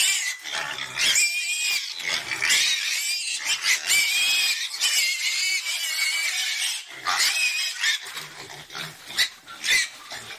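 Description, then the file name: Pig screaming in long, strained squeals with brief breaks, and faint low grunts near the end. "Tieng heo keu"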